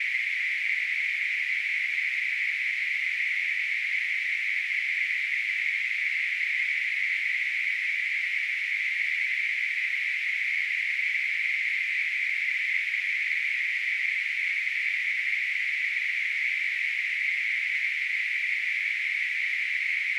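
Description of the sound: Simulated tinnitus: a steady, continuous narrowband hiss centred around 2 kHz, with no low-frequency content and no change in level throughout.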